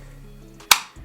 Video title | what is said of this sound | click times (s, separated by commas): The BEST desk setup for productivity! | I just snaps back in place that's pretty cool so you have the option to have a phone mount | 0.7 s